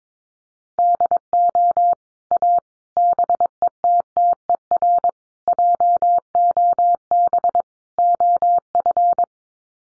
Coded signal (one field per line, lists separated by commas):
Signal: Morse code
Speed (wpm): 22 wpm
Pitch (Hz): 700 Hz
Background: none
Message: DO A BETTER JOB OF